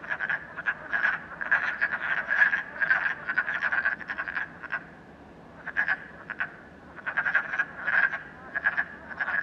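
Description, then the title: Frogs calling in bursts of rattling croaks, the chorus pausing briefly a couple of times before starting again. Frogs in a puddle at night in Canada, recorded during COVID-19. "Frogs, Night, Train, Canada"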